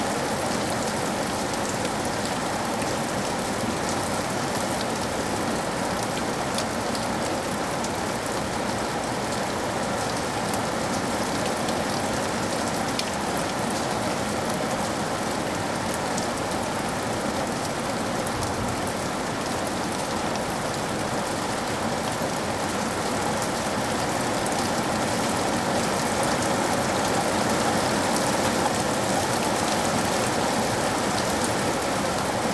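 Rain falls steadily throughout, a dense even hiss with no real letup across the half minute. Countless fine drops patter over a low rushing wash, and the level stays constant from start to finish.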